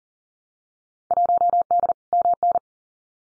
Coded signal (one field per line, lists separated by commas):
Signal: Morse code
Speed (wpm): 38 wpm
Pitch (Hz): 700 Hz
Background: none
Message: 1D MN